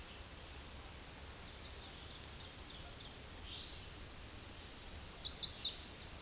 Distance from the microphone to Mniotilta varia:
about 55 m